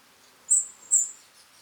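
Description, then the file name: European robin calls: two thin, high notes given less than half a second apart. "Erithacus rubecula"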